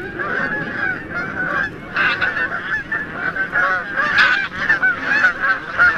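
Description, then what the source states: Canada Goose flight calls: loud nasal honks from several birds, overlapping and irregular, varied in pitch and length. Several call types from a flying flock.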